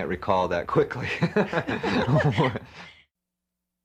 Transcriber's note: laughs